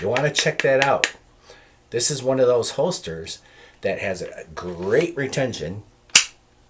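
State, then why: Seated. Someone talks, then a pistol is pushed into a Blackhawk Serpa CQC mechanical-retention polymer holster and locks with a sharp click at 6.2 s. The pistol is seated in the holster's retention.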